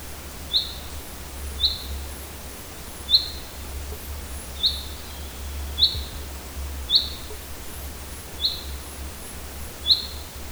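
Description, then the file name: Common chaffinch giving sharp high call notes at a steady rate, roughly one every second and a half, over a low background hum and faint twittering from other birds. "Fringilla coelebs"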